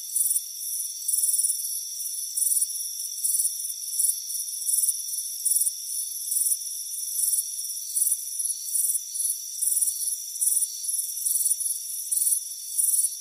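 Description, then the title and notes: Crickets chirp in high-pitched bursts, around ninety a minute, with a persistent shrill background tone. Crickets chirping on a warm afternoon by a front porch. "Soothing Crickets Chirping Sound. It's a warm afternoon as you relax in a hammock on the front porch. Relax and fall asleep to the soothing sound of chirping crickets. Deep Sleep Sounds"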